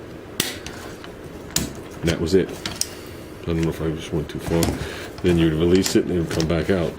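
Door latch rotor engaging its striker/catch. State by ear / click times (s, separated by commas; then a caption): seated / 0.4 s, 1.6 s. A door latch mechanism is pushed closed by hand, its rotor ratcheting into the catch with two loud metallic clicks at 0.4 s and 1.6 s before it stops and seats. Softer mechanical ticks follow, and someone talks over the rest of the clip.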